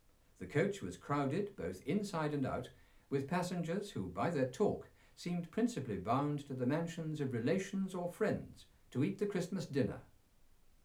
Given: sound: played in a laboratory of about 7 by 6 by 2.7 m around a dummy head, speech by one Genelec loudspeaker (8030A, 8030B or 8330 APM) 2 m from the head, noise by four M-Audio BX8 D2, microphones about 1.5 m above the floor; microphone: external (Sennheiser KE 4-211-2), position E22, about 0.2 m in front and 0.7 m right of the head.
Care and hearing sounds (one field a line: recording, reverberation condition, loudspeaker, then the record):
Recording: male speech in English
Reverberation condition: low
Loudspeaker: 30 degrees to the left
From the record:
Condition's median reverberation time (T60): about 310 ms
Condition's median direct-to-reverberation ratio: about 3.5 dB